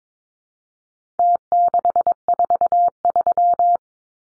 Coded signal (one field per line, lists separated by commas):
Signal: Morse code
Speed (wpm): 22 wpm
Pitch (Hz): 700 Hz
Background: none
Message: T643